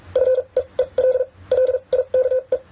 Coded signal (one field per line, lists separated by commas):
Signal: Morse code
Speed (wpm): 44 wpm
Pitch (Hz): 510 Hz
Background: none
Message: FEEL LIKE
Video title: CW Speed vs Accuracy (sending) 30-55wpm #morsecodepractice #morsecode #morse